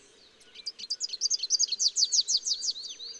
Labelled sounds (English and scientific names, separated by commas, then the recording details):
Rufous-capped Warbler (Basileuterus rufifrons) song
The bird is a male
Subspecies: salvini
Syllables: 18
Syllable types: 5
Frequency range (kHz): 2.3-8.4 kHz
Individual VN-NOS-M